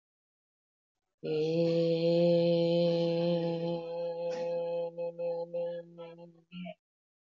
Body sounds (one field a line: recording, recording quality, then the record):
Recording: sustained vowel as in made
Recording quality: excellent, no background noise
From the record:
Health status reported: healthy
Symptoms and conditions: none ticked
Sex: female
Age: 37 years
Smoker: not ticked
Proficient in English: yes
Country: India